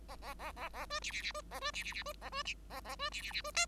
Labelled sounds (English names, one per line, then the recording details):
Bengalese Finch song
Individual Bird5